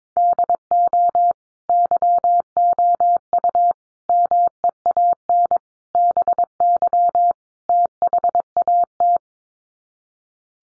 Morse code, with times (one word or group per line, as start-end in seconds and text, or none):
0.2-1.3 DO
1.7-3.7 YOU
4.1-5.6 MEAN
5.9-7.3 BY
7.7-9.2 THAT